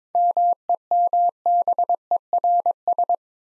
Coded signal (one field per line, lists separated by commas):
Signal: Morse code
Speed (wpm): 22 wpm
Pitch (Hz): 700 Hz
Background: none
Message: MEMBERS